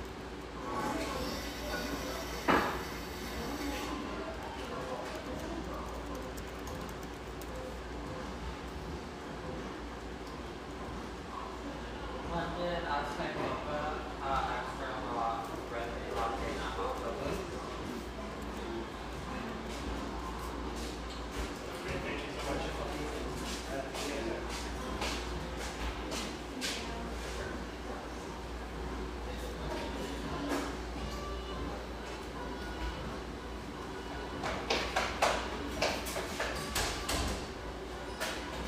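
Coffeehouse ambience with steady murmured conversation and soft radio music, a low constant hum underneath, and a few sharp clinks near the end.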